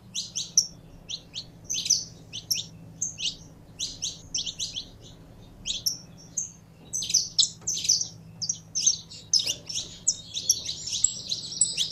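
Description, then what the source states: Belgian canary warbling with quick high chirps and rattling trills, some harsher notes mixed in. Song of a purebred Belgian canary.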